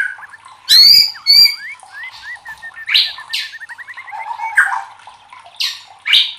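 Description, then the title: White-rumped shama song: sharp high whistles, a series of short looping notes, and intermittent harsh scratchy bursts. Training (masteran) recording for cage birds. "MURAI BATU LABAIK"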